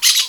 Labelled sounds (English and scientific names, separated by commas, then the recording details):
Brown-throated Parakeet (Eupsittula pertinax) contact call
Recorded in Venezuela
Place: Guárico; Corozopando; Fundo La Fe
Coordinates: 8.506, -67.593